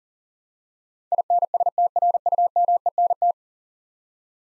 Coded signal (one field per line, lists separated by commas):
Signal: Morse code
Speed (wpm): 40 wpm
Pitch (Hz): 700 Hz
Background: none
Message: INSTRUMENT